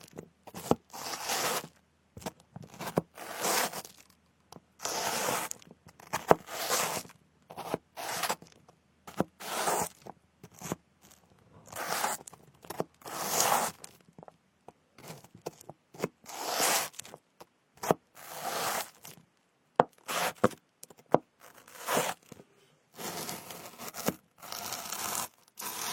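Dry tearing and scraping sounds of fruit being cut and ears being picked come in short bursts about once a second, separated by brief silences. Each rip is crisp and bright, and the pace stays fairly steady.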